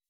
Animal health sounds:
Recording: hydrophone in a shrimp aquaculture tank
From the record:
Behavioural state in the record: weakened

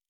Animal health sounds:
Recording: hydrophone in a shrimp aquaculture tank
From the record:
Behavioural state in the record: normal

